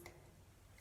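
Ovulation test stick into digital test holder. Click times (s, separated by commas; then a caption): 0.1 s. An ovulation test stick is lined up arrow to arrow with a digital ovulation test holder and pushed in. A sharp, short tick at 0.1 s marks it clicking into place and seating in the holder, followed by a quiet hum and a faint second sound near the end.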